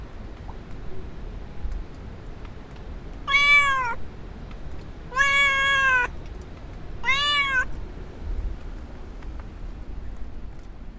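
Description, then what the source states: Domestic cat meowing three times, each call arched and harmonic-rich, rising then falling, spaced about two seconds apart over a quiet low rumble. Little cat meowing, field recording in the village of Alvoco das Várzeas, Oliveira do Hospital, Portugal, at the braçal.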